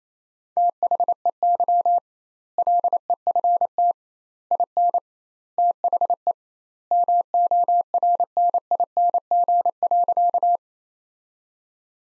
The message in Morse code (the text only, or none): THEY LEFT IN THE MORNING.